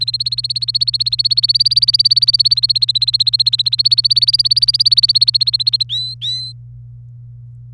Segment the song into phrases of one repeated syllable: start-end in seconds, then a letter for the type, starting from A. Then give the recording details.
0.00-5.83 A, 5.89-6.52 B. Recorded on 27 April 2018 at 06:25. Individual llb3